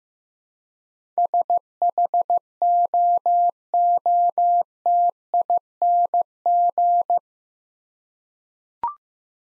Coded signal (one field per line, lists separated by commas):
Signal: Morse code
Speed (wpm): 15 wpm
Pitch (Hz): 700 Hz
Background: none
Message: SHOOTING